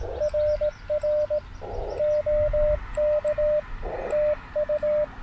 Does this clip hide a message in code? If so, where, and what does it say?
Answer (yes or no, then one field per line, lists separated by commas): yes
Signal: Morse code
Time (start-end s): 0.2-5.0 s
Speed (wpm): 18 wpm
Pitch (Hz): 600 Hz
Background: radio noise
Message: RR OK TU